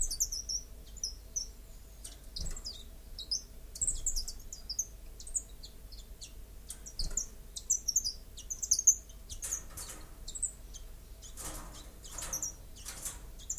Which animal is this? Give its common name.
Common Chiffchaff